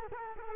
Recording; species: mosquito wingbeat signal from an infrared sensor; Culex quinquefasciatus